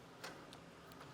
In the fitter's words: Let it click into place.